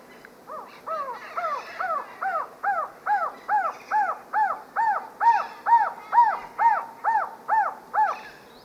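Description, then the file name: Ecuadorian trogon call: a long run of soft, arched cooing notes, starting quietly and growing louder, repeated at an even pace of a little over two per second. "Golosa ptic - Ekvadorskij trogon Trogon mesurus"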